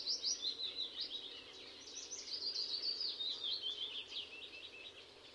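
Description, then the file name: Eurasian blackcap giving a continuous, fast, scratchy warble of varied high notes, running unbroken for several seconds over a faint background hiss. "Sylvia atricapilla"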